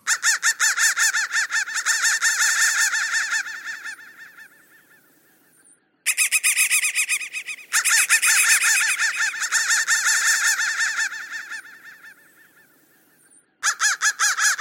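Crow calls in loud harsh bursts of rapid repeated notes that swell, fade to quiet, stop abruptly, then start again.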